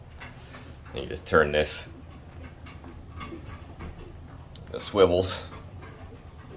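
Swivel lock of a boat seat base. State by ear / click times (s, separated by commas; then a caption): not seated / none. Someone talks while turning a boat seat on the swivel of its newly installed seat base, with a few faint ticks of handling between the words. The swivel lock has not yet engaged, and nothing has seated or clicked by the end of the clip.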